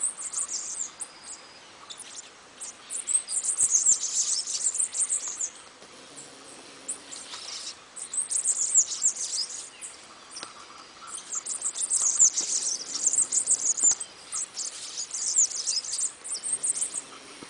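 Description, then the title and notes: Bananaquit song: bouts of thin, very high, hissing chatter lasting several seconds, separated by short quieter gaps, with fainter high twitters throughout. "pio do cambacica. Fonte: WikiAves"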